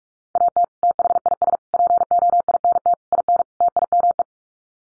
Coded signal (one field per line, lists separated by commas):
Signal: Morse code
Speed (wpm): 44 wpm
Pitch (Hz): 700 Hz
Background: none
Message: AT THIS POINT IN TIME